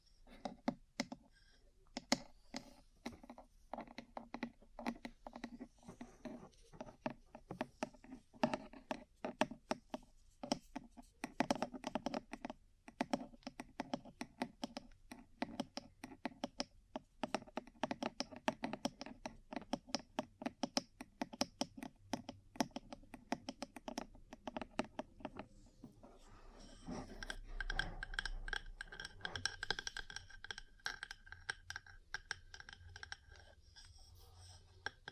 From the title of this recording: Ear Cleaning, Massage, Cupping, Tapping